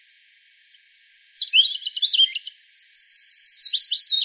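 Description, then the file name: European robin song: a long thin high whistle, then a jumbled twitter leading into a rapid, rattling trill of repeated high notes. "Erithacus rubecula"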